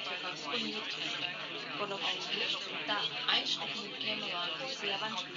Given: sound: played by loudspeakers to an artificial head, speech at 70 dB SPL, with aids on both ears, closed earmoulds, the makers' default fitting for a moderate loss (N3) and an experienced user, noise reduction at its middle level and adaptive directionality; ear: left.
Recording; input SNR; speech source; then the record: speech test signal (ISTS) in cocktail-party noise; 0 dB; on the right (90 degrees)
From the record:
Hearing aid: class 1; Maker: G